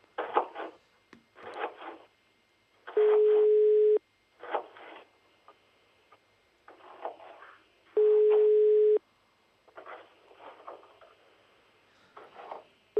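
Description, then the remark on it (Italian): A phone line tone from a failed call: two long, steady mid-pitched beeps about five seconds apart, with bursts of muffled, crackly telephone-line sound filling the gaps. “Sta telefonata, non riesce stasera, non c'è niente da fare.”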